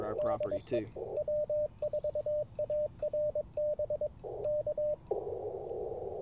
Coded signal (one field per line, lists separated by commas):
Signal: Morse code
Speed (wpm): 22 wpm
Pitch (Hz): 590 Hz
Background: speech, radio noise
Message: DE W4ARB K